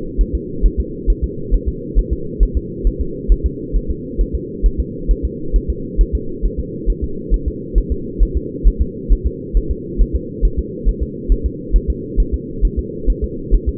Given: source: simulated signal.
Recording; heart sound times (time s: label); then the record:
fetal heart sounds
0.21 s: S1
0.35 s: S2
0.65 s: S1
0.80 s: S2
1.10 s: S1
1.24 s: S2
1.54 s: S1
1.68 s: S2
1.98 s: S1
2.13 s: S2
2.43 s: S1
2.57 s: S2
2.87 s: S1
3.01 s: S2
3.32 s: S1
3.46 s: S2
3.76 s: S1
3.90 s: S2
4.21 s: S1
4.35 s: S2
4.66 s: S1
4.80 s: S2
5.11 s: S1
5.25 s: S2
5.56 s: S1
5.70 s: S2
6.01 s: S1
6.15 s: S2
6.45 s: S1
6.60 s: S2
6.90 s: S1
7.04 s: S2
7.34 s: S1
7.48 s: S2
7.78 s: S1
7.92 s: S2
8.22 s: S1
8.37 s: S2
8.67 s: S1
8.82 s: S2
9.12 s: S1
9.27 s: S2
9.57 s: S1
9.71 s: S2
10.01 s: S1
10.16 s: S2
10.45 s: S1
10.59 s: S2
10.88 s: S1
11.03 s: S2
11.32 s: S1
11.46 s: S2
11.76 s: S1
11.90 s: S2
12.20 s: S1
12.34 s: S2
12.65 s: S1
12.79 s: S2
13.10 s: S1
13.24 s: S2
13.54 s: S1
13.69 s: S2
From the record:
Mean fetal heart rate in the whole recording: 135 bpm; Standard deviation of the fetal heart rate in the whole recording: 3 bpm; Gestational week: 36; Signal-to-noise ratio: -4.3 dB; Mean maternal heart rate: 72 bpm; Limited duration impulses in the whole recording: absent